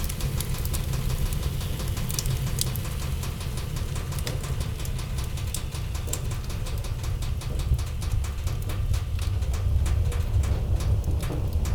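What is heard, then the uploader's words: A wood fire burns with a steady low roar, dense sharp crackles and pops snapping throughout, growing busier and brighter after about six seconds. Wood Fire by Daniel Dorsch.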